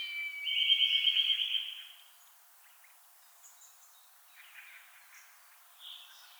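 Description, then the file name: Eurasian nuthatch giving a rapid, even trill of high notes lasting about a second and a half, then faint scattered chirps. "Sitta europaea"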